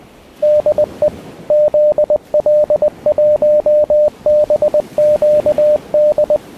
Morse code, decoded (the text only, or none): DE ZL1BQD